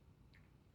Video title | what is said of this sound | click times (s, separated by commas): 🔧How to Dissassemble a Mobility Scooter | from underneath, go right into the rails until you hear that click, | 0.3 s